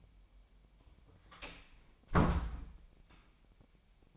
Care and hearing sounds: daily activity, microphone in the room; close door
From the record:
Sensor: 1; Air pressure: 1007.2 hPa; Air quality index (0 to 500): 201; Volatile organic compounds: 21 ppm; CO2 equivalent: 2720 ppm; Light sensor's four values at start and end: 13/34/13/15 and 13/32/13/14

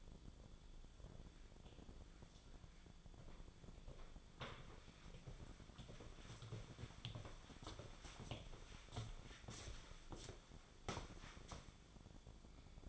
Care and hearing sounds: daily activity, microphone in the room; walk to room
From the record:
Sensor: 5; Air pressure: 1010.2 hPa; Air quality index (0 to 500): 140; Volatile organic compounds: 3 ppm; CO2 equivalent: 1370 ppm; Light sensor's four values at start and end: 265/663/277/303 and 281/671/290/326

